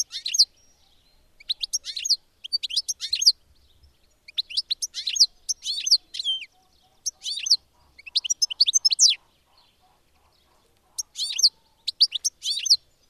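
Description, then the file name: European goldfinch song: bursts of bright, tinkling twitters and buzzy trills, delivered in short phrases separated by brief pauses over about thirteen seconds. "tengelic"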